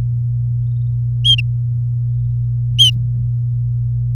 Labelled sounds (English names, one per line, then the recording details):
Domestic Canary song
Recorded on 4 May 2018 at 10:28
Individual llb16